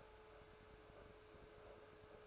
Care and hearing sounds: daily activity, microphone in the room; make coffee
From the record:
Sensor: 2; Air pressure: 1014.6 hPa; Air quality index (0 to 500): 188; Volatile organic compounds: 17 ppm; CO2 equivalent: 2577 ppm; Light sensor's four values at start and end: 4/10/3/4 and 4/10/3/4

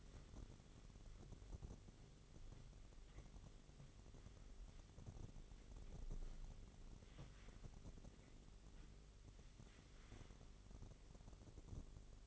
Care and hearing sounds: daily activity, microphone in the room; wipe stove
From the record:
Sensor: 4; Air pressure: 1004.0 hPa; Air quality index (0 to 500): 156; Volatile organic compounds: 2 ppm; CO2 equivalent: 1114 ppm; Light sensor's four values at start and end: 12/29/12/13 and 13/29/12/13

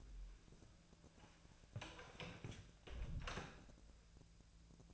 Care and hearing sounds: daily activity, microphone in the room; close door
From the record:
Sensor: 2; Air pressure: 1000.3 hPa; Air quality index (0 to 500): 175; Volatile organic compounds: 3 ppm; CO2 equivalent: 1450 ppm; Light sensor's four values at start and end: 10/23/10/10 and 9/23/9/10

